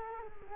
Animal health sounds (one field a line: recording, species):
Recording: mosquito wingbeat signal from an infrared sensor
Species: Culex quinquefasciatus